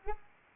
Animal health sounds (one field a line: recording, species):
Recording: mosquito wingbeat signal from an infrared sensor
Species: Anopheles arabiensis